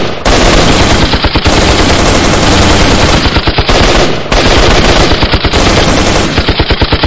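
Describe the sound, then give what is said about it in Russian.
Loud, sustained machine gun fire in two long bursts at mercenaries climbing into a warehouse building, each burst trailing off into a rapid, stuttering rhythm of individual shots before a brief pause. No voices are heard. “В это время показался Артем с наводчиками, и мы все стволы начали их косить.”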